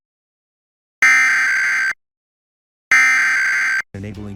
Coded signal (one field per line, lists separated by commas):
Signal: Emergency Alert System (SAME) tones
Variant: header bursts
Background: speech